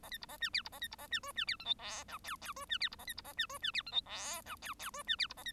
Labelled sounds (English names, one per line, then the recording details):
Bengalese Finch song
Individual Bird1